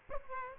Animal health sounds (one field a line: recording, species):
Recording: mosquito wingbeat signal from an infrared sensor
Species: Aedes aegypti